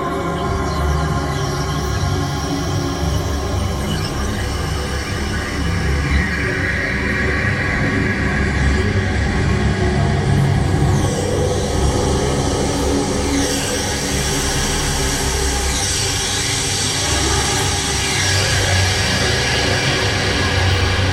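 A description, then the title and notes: An alien sci-fi soundscape: a dense, steady low rumble with sustained tones layered above and faint sweeping whistles drifting in midway through. Alien SciFi soundscape made with 4 subscription presets/4 instances of Kaleidoscope, input source is a mixture of different noise types.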